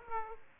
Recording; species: mosquito wingbeat signal from an infrared sensor; Aedes aegypti